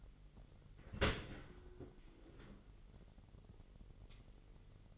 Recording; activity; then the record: daily activity, microphone in the room; open dishwasher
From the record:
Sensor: 4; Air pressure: 999.1 hPa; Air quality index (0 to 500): 123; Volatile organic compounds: 2 ppm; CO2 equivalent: 1211 ppm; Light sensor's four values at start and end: 7/17/7/7 and 7/17/7/7